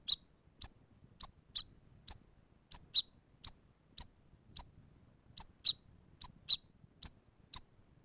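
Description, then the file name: European goldfinch giving short, sharp high chirps, about sixteen notes spaced irregularly across eight seconds. "tengelic"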